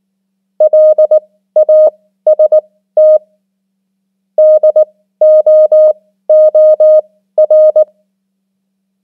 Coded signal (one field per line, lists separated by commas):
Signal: Morse code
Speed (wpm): 19 wpm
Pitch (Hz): 620 Hz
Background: none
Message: LAST DOOR